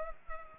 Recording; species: mosquito wingbeat signal from an infrared sensor; Culex pipiens